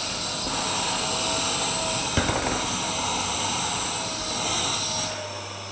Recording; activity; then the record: daily activity, microphone in the room; vacuum cleaning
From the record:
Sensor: 2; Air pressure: 999.1 hPa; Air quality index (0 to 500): 202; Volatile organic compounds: 31 ppm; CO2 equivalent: 2983 ppm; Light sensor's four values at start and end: 5/11/4/5 and 6/14/6/6